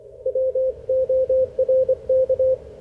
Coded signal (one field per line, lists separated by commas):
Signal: Morse code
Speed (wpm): 26 wpm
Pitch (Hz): 530 Hz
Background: radio noise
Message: WORK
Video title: Ham Radio Code Practice - OTs "air-it-out" in HF ragchew